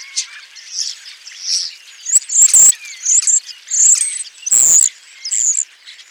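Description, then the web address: European starlings calling as a flock: a jumble of harsh rasps, clicks and high whistles, with loud bursts of noisy chatter near two and a half and four and a half seconds. Flock of calling starlings, recorded in June 2021. "2021 06 european starling flock calls by rob van bemmelen"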